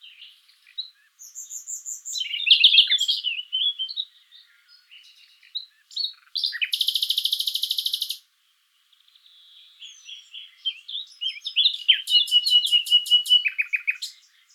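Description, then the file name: Common nightingale song with shifting phrases, high thin notes, a sustained harsh buzzing trill near the middle, then rapid repeated chips and rattles toward the end. "Luscinia megarhynchos"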